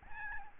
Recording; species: mosquito wingbeat signal from an infrared sensor; Aedes albopictus